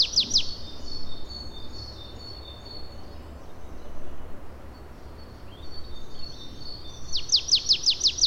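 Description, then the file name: Marsh tit with a few clipped sharp notes at the start, then a fast run of several descending chips at the end, over soft background hiss. "Poecile palustris"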